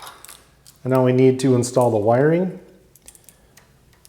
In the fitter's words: push down you'll feel it click into place